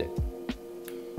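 A rotating ring stand on a plastic iPhone 16 Pro smartphone case is turned and clicks into its 90° detent positions, with sharp clicks at 0.5 s and 0.9 s. Low thumps at around 0.2 s and 1.2 s sit over a steady background hum. The stand seats at each 90° stop.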